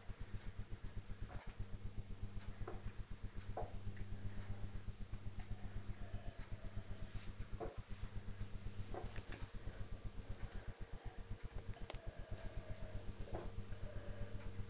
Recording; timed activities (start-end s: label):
household activities, microphone on the right wrist
0.00-14.70 s: drinking